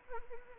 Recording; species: mosquito wingbeat signal from an infrared sensor; Anopheles arabiensis